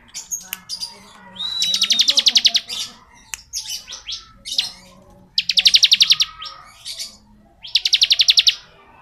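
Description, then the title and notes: Bar-winged prinia singing rapid rattling trills, three main bursts separated by scattered thin chirps and a brief whistled note. Ngebren song style of the ciblek, used as training audio for oriental magpie-robins. "Ciblek Ngebren Untuk Masteran Murai Batu. Suara burung ciblek - Suara Nada"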